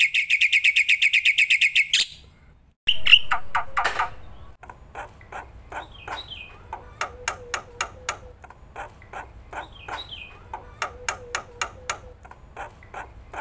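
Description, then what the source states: Black-winged myna song opening with a fast steady trill, followed by a varied string of sharp clicks, short whistles and rising-falling notes. Energetic song with fast fill phrases, used as a lure and tutor recording for lazy, quiet cage birds.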